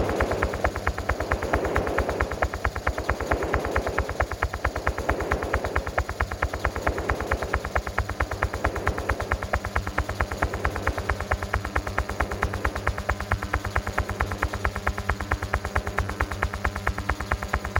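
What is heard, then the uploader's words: A binaural beat: steady low droning tones under a rapid, perfectly regular pulsing that clicks on and off many times per second for the whole length. In the first half a soft mid-pitched wash swells and fades in slow waves, then settles into an even drone. Binaural Beat.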